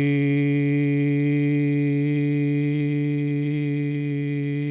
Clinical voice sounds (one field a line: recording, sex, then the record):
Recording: sustained vowel /i/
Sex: male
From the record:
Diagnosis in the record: Parkinson's disease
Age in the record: 70 years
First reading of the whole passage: 68 s, 7.6 characters per second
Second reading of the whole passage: 61 s, 8.4 characters per second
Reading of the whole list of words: 64 s, 4.4 characters per second